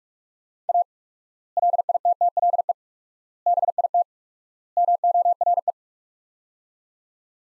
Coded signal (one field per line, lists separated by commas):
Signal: Morse code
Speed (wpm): 46 wpm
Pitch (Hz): 700 Hz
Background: none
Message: A LITTLE BIT MORE